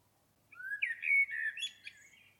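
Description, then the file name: Common blackbird song phrase: a rising mellow whistle swelling into a rich warble, closing with thin high squeaky notes. "Turdus merula"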